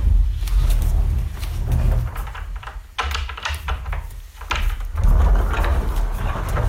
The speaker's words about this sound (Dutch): We luisteren hier naar ensuite-deuren die dichtschuiven. En in die zin was deze heel typisch, omdat vaak werden huizen die normaal gesproken grote woonkamer zijn, werden nu in twee gesplitst.